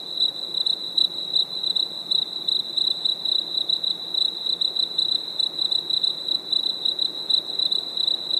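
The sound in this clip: Cricket song, a high, shrill trill of rapid pulses that carries on without a break, throbbing slightly in loudness.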